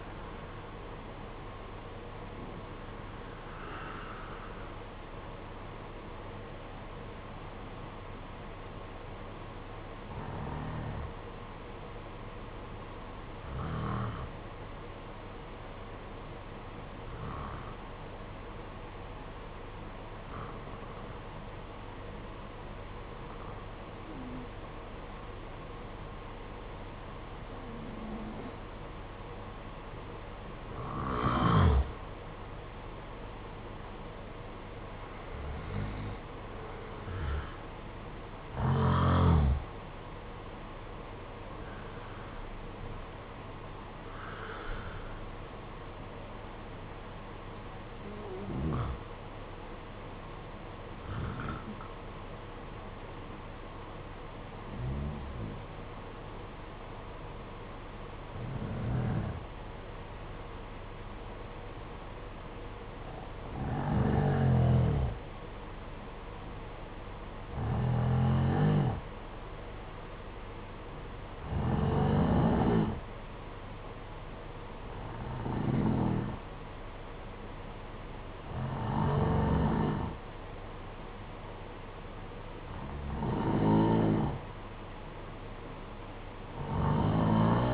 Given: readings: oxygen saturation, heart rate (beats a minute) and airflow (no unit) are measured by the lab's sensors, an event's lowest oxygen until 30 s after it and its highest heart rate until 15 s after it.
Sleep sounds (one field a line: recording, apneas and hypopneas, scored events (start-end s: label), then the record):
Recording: breathing in sleep by a voice recorder at the bedside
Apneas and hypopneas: 2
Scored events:
12.00-30.80 s: hypopnea (N1, oxygen 93% highest, then 87% lowest, heart rate 58 at the start, 64 highest)
47.00-65.80 s: hypopnea (N1, oxygen 94% highest, then 91% lowest, heart rate 59 at the start, 61 highest)
From the record:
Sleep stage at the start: N1 (lightest sleep)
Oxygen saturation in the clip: 87 to 94%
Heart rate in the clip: 55 to 65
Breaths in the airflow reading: 22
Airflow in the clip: -9.7 to 8.7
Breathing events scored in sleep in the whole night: 476 in 9.7 hours asleep